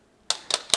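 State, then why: Seated. A lens hood is fitted onto the front of the lens of a Blackmagic Design URSA Broadcast camera, giving sharp plastic clicks at 0.3 s and 0.7 s with another click in between. The hood locks into place on the lens front.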